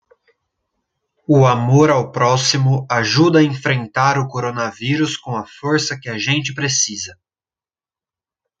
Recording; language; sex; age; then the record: spoken sentence; Brazilian Portuguese; male; 20 to 29 years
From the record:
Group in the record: control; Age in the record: 24 years